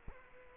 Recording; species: mosquito wingbeat signal from an infrared sensor; Culex quinquefasciatus